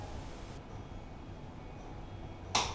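A torque wrench set to about 120–125 ft-lb is pulled on a factory torque-to-yield cylinder head bolt of a diesel engine to check how tight it is. After low steady background noise, the wrench gives one sharp click at 2.6 s. The bolt moves just a hair, putting its torque at about 120–125 ft-lb.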